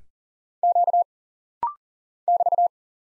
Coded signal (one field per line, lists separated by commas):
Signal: Morse code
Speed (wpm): 40 wpm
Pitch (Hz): 700 Hz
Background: none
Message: Q <BT>